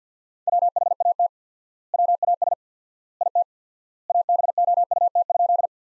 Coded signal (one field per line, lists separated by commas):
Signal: Morse code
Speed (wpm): 50 wpm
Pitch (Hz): 700 Hz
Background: none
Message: WHAT WAS IT ABOUT?